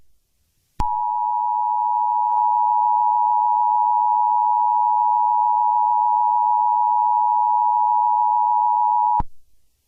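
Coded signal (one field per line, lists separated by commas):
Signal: Emergency Alert System (SAME) tones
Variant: 853 and 960 Hz attention tone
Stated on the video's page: Fictional EAS scenario using valid EAS tones.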